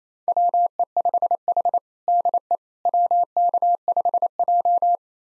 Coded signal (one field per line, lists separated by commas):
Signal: Morse code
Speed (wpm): 28 wpm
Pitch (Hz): 700 Hz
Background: none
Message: WE5H DE WK5J